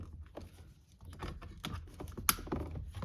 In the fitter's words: So insert the connector and push until it clicks,